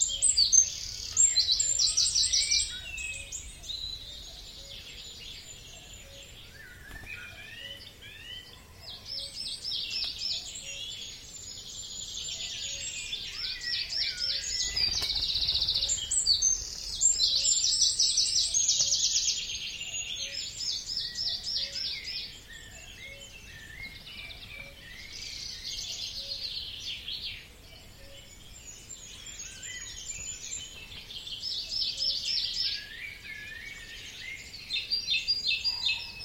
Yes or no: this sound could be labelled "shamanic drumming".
no